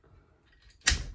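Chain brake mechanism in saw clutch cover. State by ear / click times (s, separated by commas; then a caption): seated / 0.9 s. A Husqvarna saw clutch cover is clamped in a vise while a setting tool, inserted into its chain brake mechanism, is pulled back against the heavy spring, with faint low rustling beforehand. A sharp, bright click at 0.9 s rings on briefly as the chain brake latches into its preset position.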